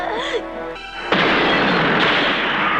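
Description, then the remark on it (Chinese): After about a second of quieter tonal sound, a gas explosion, caused by gas left turned on, erupts with a sudden loud blast, followed by a dense, sustained roar and rumble that continues without easing to the end. “在爆炸时躲在沙发底下才幸免于死。”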